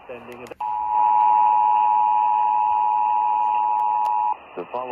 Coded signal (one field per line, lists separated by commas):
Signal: Emergency Alert System (SAME) tones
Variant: 853 and 960 Hz attention tone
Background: speech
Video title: EAS #149 - Missouri’s Required Monthly Test - KMOX (AM) - (10/17/2023)